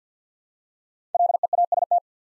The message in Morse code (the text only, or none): LEAST